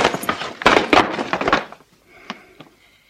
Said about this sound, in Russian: Промокашка выбивает из-под Шарапова стул.